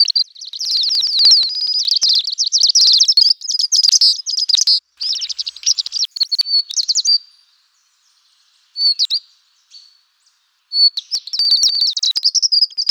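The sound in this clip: Bird song with rapid high twittering phrases, trills and chirps, broken by short pauses and a longer silence midway.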